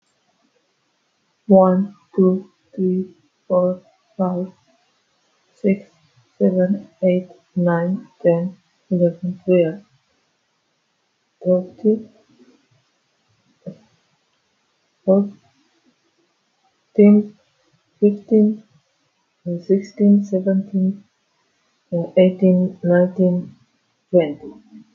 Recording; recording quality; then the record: counting at a normal pace; excellent, no background noise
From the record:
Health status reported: healthy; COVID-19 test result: negative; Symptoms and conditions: none ticked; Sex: female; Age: 37 years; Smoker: yes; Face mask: not worn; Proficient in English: yes